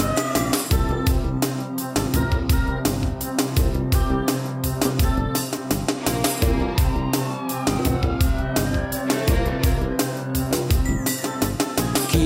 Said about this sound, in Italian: La sirena è quella della polizia.